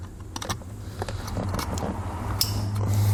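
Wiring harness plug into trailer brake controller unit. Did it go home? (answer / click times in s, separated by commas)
yes / 2.4 s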